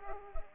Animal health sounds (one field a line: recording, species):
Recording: mosquito wingbeat signal from an infrared sensor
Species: Culex pipiens